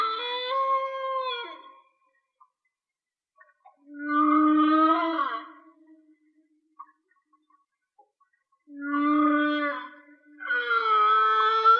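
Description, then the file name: Whale song: long harmonic moans and wails, some rising then falling, in phrases of one to two seconds separated by quiet gaps with faint clicks. "Whale Song-colin"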